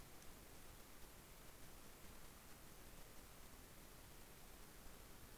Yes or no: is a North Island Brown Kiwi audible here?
no